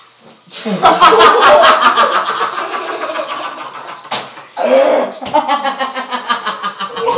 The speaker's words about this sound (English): I just coughed.